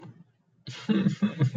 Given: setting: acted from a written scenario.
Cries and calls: vocal sound without words; distress

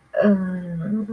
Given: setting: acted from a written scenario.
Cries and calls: vocal sound without words; shame

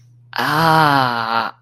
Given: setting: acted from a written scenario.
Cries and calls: vocal sound without words; pain

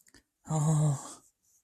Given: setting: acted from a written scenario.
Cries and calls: vocal sound without words; distress

